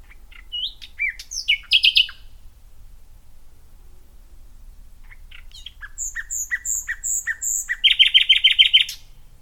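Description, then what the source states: Common Nightingale song: sharp whistled notes and a brief burst of repeated notes, a pause, then a run of rapid repeated chirps ending in a fast, even trill. Solo nightingale singing from the depths of some scrub at Knepp under a full moon.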